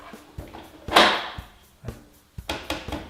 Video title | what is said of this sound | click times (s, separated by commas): How to Fix Liftmaster Garage Door Opener: Rechargeable Battery Replacement | cover snaps into place | 2.5 s